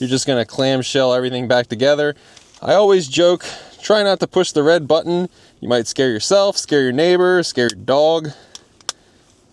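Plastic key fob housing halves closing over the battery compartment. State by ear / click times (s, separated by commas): seated / 8.9 s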